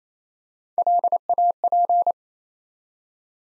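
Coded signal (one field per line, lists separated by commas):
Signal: Morse code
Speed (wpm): 28 wpm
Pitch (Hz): 700 Hz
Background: none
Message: LAP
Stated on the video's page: Morse practice at 28 wpm building 3-letter words one letter at a time for instant character recognition.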